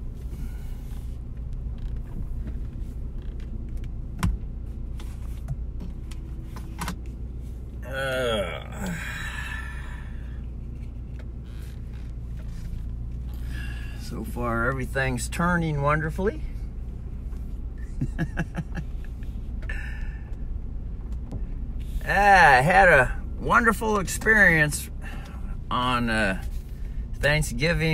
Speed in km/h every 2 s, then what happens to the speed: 0, 2, 2, 2, 2, 2, 0, 0, 0, 4, 3, 3, 3, 3.
0-11 steady at about 2. 11-16 standing. 16-28 steady at about 3.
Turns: none.